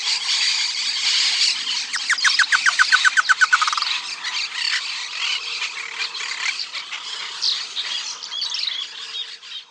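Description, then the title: Chotoy spinetail calling, a rapid series of clipped downslurred notes over loud continuous background noise. Nominate subspecies phryganophilus, assumed from location. "LuckyPassaro Completos2Sama. Chotoy Spinetail (Schoeniophylax phryganophilus phryganophilus (ssp assumed from location))"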